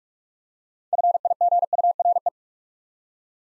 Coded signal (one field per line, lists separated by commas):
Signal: Morse code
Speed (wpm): 44 wpm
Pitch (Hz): 700 Hz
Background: none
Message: FIGURE